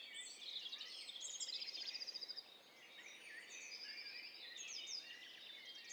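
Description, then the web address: Several birds at once, bright rapid trills and thin high chirps tumbling over each other without pause. Stereo mixture of several birds calling at once. "Hi Fi STEREO BIRD COCKTAIL PARTY Challenge SBCP TESTSET"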